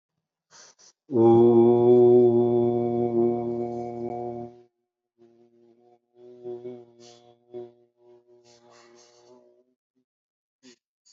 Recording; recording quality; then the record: sustained vowel as in boot; excellent, no background noise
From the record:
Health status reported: respiratory illness, not identified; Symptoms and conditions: asthma, hypertension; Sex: male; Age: 81 years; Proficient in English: yes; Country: India